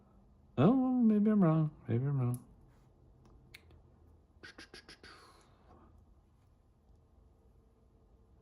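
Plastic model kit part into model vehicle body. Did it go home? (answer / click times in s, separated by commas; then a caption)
no / none. Someone talks briefly while pushing a plastic model kit part into the body of a Space Marine ATV model vehicle. A sharp tick at about 3.5 s is followed by a cluster of small ticks and scrapes from about 4.4 to 5.5 s. One side of the part will not go in, and nothing has seated or clicked yet.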